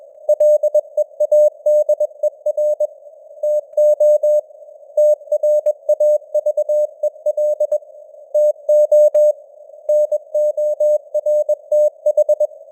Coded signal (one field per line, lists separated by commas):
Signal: Morse code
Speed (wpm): 21 wpm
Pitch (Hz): 600 Hz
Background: none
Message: LEADER TO TRAVEL TO NORTH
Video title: Morse Code News | 2025-10-06 | 21wpm